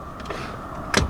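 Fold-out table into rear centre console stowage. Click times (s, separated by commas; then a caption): 1.0 s. A rear-seat fold-out table in a Maybach GLS 600 is rotated and folded back into its stowed position in the centre console. Faint handling sounds come first, then a single sharp click at 0.97 s as the table seats back into place.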